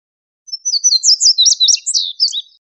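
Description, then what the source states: Indigo bunting singing one bright, high, rapid phrase of about two seconds, made of sharp slurred notes that jump up and down. Recorded on 22 July 2001.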